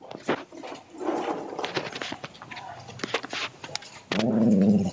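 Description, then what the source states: Dog making a sustained low tonal sound near the end, after several seconds of rustling and knocking noises. A dog named Temper.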